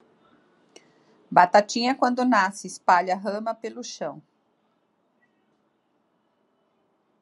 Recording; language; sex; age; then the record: short text; Brazilian Portuguese; female; 50 to 59 years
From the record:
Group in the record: control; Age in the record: 55 years